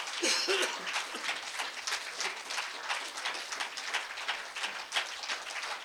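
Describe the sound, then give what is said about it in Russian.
Steady audience applause fills the whole stretch, a dense, even patter of many hands clapping with no clear pauses, fairly bright and continuous, with a stray cough or murmur mixed in. “Я с огромным удовольствием, я хочу разделить эти аплодисменты с теми, кто уже не первый раз тратит и силы, и время, и какие-то вот куски души вот на организацию этих моих выступлений.”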